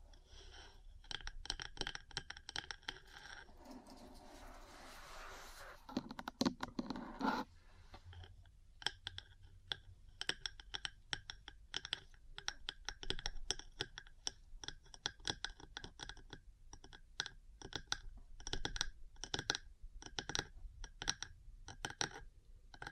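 Metal parts tap and click in quick, irregular bursts, sharp bright ticks packed densely across most of the recording. Around five to seven seconds a rougher scraping passage takes over, with a few louder knocks, before the rapid tapping resumes and continues to the end.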